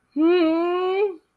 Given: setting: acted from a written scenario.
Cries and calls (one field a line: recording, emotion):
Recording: vocal sound without words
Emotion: distress